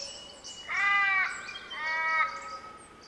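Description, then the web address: Birds calling: two loud, harsh, drawn-out calls about a second apart stand out over a background of fainter whistles and chirps. Mixed birdsong chorus recorded in Central Victoria, Australia. "andrewskeoch. Central Victorian Birdsong Chorus"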